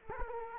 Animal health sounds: mosquito wingbeat signal from an infrared sensor; Culex quinquefasciatus

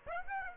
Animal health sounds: mosquito wingbeat signal from an infrared sensor; Aedes aegypti

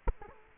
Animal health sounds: mosquito wingbeat signal from an infrared sensor; Culex quinquefasciatus

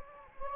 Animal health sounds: mosquito wingbeat signal from an infrared sensor; Anopheles gambiae

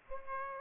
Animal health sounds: mosquito wingbeat signal from an infrared sensor; Aedes aegypti

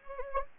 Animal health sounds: mosquito wingbeat signal from an infrared sensor; Anopheles gambiae

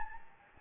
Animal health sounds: mosquito wingbeat signal from an infrared sensor; Anopheles gambiae

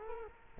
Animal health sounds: mosquito wingbeat signal from an infrared sensor; Culex quinquefasciatus

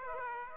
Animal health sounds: mosquito wingbeat signal from an infrared sensor; Aedes aegypti

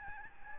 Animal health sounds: mosquito wingbeat signal from an infrared sensor; Aedes albopictus

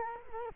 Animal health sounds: mosquito wingbeat signal from an infrared sensor; Culex quinquefasciatus

